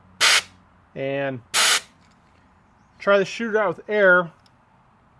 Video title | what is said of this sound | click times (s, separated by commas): Ferrari 456 Major Service - Intake Removal & Valve Adjustment | You should hear a pop when it comes free, but that did not come free. | none